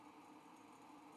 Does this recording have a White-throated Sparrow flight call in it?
no